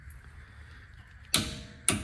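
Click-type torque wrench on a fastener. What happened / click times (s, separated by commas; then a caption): The torque wrench clicked at its set torque / 1.3 s, 1.9 s. An ANPUDS click-type torque wrench is pulled on a fastener until it breaks over at its set torque. After a quiet stretch, two sharp, loud metallic clicks ring out at 1.4 s and 1.9 s, each trailing off briefly. The clicks are clear and nice and loud, and the wrench works at its setting.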